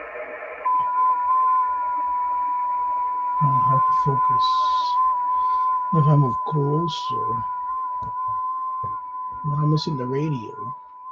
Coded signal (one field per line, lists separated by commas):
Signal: FT8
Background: speech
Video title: Danny Shortwave And Radio DX Live Stream 6/1/2025 Happy Yellow Radio Day & 6 Meter band FT8 contacts